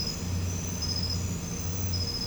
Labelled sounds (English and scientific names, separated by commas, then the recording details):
none
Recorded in pastures near Puerto Asís, Putumayo, Colombia, on 21 December 2024 at 01:30
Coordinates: 0.505, -76.324
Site G063